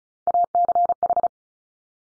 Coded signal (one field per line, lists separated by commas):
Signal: Morse code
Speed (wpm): 36 wpm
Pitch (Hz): 700 Hz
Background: none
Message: ACH